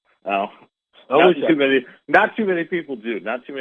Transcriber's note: laughs